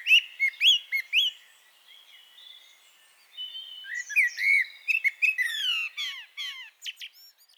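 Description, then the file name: Eurasian blackbird giving rising fluted notes, a soft pause, then a longer burst of warbling mixed with thin, chattering high squeaks. "Turdus merula"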